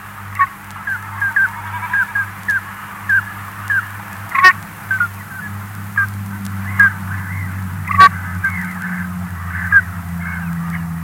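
Common Scoter calls: many brief piping notes, a few louder, above a constant low hum.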